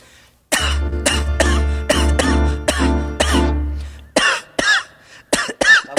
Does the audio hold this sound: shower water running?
no